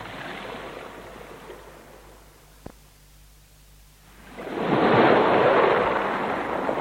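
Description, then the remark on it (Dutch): A broad wash of rushing sea water on a sandy beach fades to a brief lull, broken by a single sharp click, then surges back louder and fuller as the water comes closer, a steady roaring hiss of surf with no voices. “Het water komt dichterbij.”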